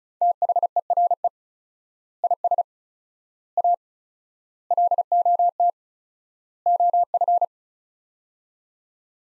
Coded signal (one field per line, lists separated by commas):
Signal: Morse code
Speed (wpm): 34 wpm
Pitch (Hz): 700 Hz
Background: none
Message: THERE IS A LOT OF